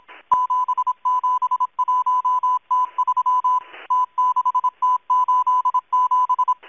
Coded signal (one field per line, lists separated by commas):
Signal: Morse code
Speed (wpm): 26 wpm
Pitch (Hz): 1000 Hz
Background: none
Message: 771T3 T6T87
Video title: Russian, Morse code, spy numbers station ENIGMA ID M12, 11144 kHz, 24 June, 2023, 2100 UTC